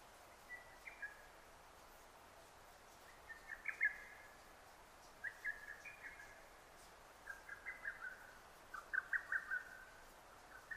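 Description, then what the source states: Lesser cuckoo song: five or six phrases of quick, stuttering whistled notes in steady succession, with faint hiss throughout. Recorded 6 June 2009.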